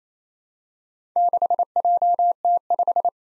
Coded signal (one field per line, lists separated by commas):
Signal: Morse code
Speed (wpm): 29 wpm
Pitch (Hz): 700 Hz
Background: none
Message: 6JT5